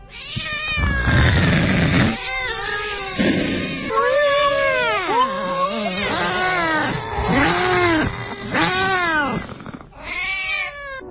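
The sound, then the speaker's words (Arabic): Three black cats coming out from under a bed meow and yowl in drawn-out, wavering cries that rise and fall in pitch, overlapping loudly throughout with a few brief pauses between calls. “لقيت بيخرج من تحت السرير تلات قطط لونهم اسود.”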